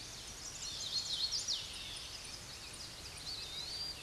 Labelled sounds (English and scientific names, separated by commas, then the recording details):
Hooded Warbler (Setophaga citrina) song
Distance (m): 40 m
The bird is about 15 m above the microphone
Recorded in a Pennsylvania forest on 16 May 2024 at 07:23
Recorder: AudioMoth, point MSD-2258
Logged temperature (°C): 15.2 °C
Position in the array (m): 162 m, 118 m